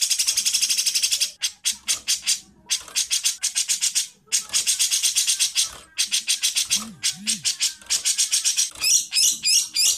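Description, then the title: Bird chatter in harsh, scratchy bursts repeated in quick runs with short pauses, a few soft low notes and brief whistled notes near the end. Training recording played to teach songbirds. "Suara masteran Burung"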